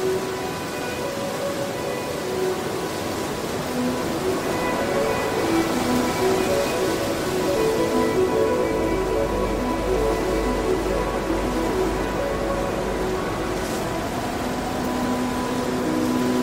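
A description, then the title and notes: Steady rushing wind runs throughout, with slow, sustained violin notes drifting over it and a low hum entering midway. Relaxing wind sounds with relaxing violin music.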